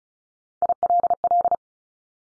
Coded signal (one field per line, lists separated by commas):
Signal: Morse code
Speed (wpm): 36 wpm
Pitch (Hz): 700 Hz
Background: none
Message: ILL